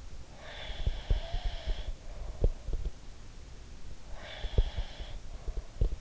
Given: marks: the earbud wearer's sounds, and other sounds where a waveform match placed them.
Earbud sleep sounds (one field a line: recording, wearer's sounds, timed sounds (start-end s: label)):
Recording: sounds in sleep by an in-ear microphone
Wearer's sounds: breath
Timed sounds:
0.25-2.90 s: breath
0.74-2.90 s: sound from someone else or the room
4.10-5.99 s: breath
4.44-5.99 s: sound from someone else or the room